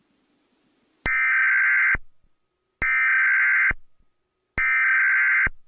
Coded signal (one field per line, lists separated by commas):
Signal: Emergency Alert System (SAME) tones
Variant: header bursts